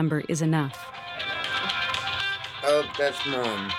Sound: phone ringing